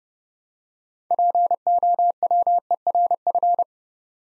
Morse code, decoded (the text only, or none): POWERF